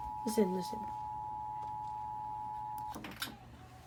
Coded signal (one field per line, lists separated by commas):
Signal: Emergency Alert System (SAME) tones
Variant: 853 and 960 Hz attention tone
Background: speech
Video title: Rating eas alarms again